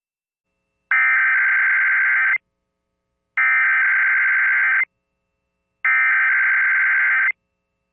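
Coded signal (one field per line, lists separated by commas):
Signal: Emergency Alert System (SAME) tones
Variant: header bursts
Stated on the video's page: Sunday morning weekly tests.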